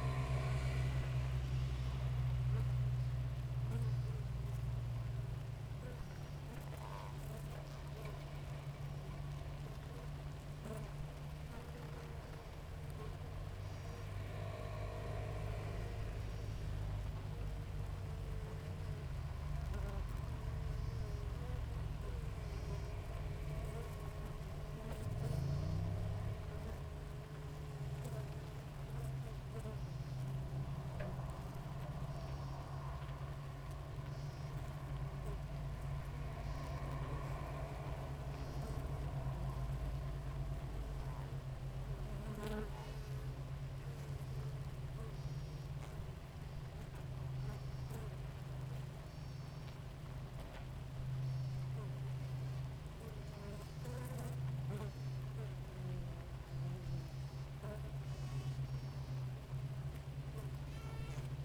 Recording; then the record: honeybee colony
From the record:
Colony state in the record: active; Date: 28 July 2017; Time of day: 5:40